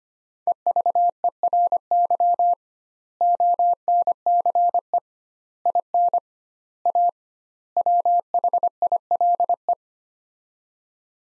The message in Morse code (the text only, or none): EVERY ONCE IN A WHILE